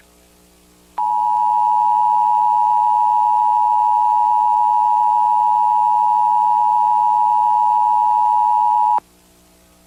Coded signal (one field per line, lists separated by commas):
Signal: Emergency Alert System (SAME) tones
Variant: 853 and 960 Hz attention tone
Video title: Nueva York (2001) EAS Alarm + EAS Alarm YouTube